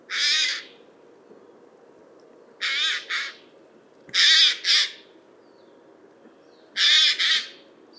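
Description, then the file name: Eurasian jay uttering loud, grating screeches, mostly in doubled bursts spaced a few seconds apart, against a quiet background. "Garrulus glandarius"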